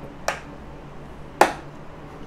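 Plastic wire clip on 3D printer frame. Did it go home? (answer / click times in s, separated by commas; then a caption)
yes / 0.3 s, 1.4 s. Wiring on a Bambu Lab A1 3D printer is pressed into a plastic cable-retaining clip on the frame, kept behind the tooth so the wires stay in. Two sharp snaps are heard at 0.3 s and 1.4 s, the second louder, and the wires are snapped into place.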